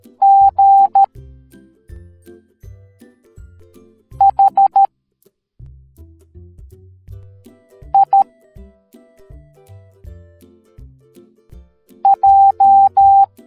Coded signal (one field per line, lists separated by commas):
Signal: Morse code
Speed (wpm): 13 wpm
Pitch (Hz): 790 Hz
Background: music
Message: G H I J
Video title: Butterfly Teaching the Morse Code Alphabet Educational Video for Kids